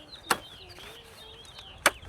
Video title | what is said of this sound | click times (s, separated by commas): MY FOLDING CAMP KITCHEN EQUIPMENT - GCI Outdoor Folding Tables For RV | Legs fold up, snap into place. | 0.3 s, 1.9 s